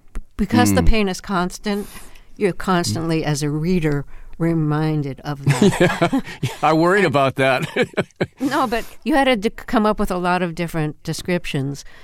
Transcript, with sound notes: Because the pain is constant, you're constantly, as a reader, reminded of that.
Yeah, I worried about that (laughter).
No, but you had to come up with a lot of different descriptions.